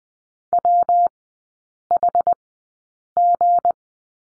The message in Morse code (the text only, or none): WHG